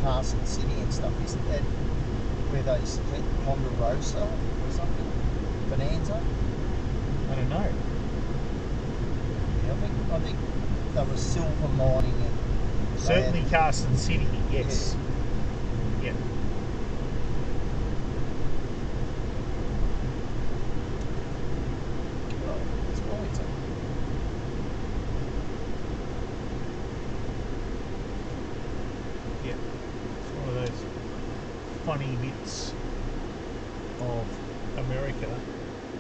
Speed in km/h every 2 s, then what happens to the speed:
73, 73, 73, 73, 73, 72, 65, 61, 59, 56, 52, 48, 43, 33, 19, 14, 0, 0.
0-11 steady at about 73. 11-32 slows to 0. 32-36 standing.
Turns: none.